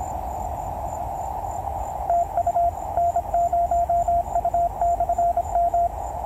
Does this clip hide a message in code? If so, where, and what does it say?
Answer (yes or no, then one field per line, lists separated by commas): yes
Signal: Morse code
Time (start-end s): 2.1-5.9 s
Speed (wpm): 26 wpm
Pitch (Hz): 690 Hz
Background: radio noise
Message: TU N0U/M